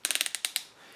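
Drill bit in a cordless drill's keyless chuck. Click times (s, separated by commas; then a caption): 0.1 s, 0.2 s, 0.3 s, 0.5 s. A drill bit is locked into the metal keyless chuck of a Metabo 18V brushless SB 18 LXT BL IMPULS hammer drill, made in Germany: after the drill tightens the jaws on the bit, the chuck's retention ring is turned counterclockwise by hand. Sharp ratchet clicks sound at 0.1, 0.1, 0.2, 0.2, 0.3 and 0.5 seconds, then fade to quiet. The ratchet locks the bit extremely tight in the chuck.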